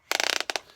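A belt strap with a toothed track is pushed through a ratchet buckle, its teeth engaging the spring-loaded pawl. A quick run of sharp, bright clicks sounds, with distinct clicks at 0.2, 0.2, 0.3, 0.4, 0.4 and 0.6 seconds, and the track seats into the buckle.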